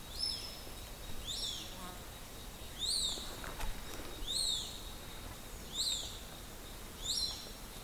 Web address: roofvogels Accipitres Accipitidae Accipitrinae Grote bonte Buizerd Pseudastur albicollis